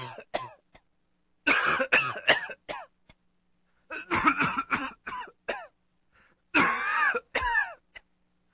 Character middle aged man cough.